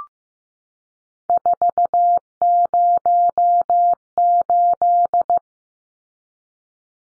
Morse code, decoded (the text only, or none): 408